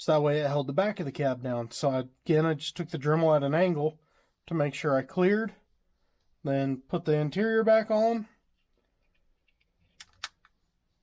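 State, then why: Seated. Someone talks for about eight seconds, then after a pause a plastic interior insert is pressed back into a scale model tractor cab, its front edge trimmed so it fits. A few light taps and clicks from about 9.5 s build to a sharp snap at 10.2 s as the interior seats in the cab.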